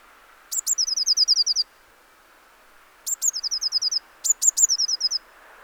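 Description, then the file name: Eurasian blue tit giving high calls: a pair of sharp notes then a fast string of short falling notes, repeated three times in under six seconds. "Cyanistes caeruleus"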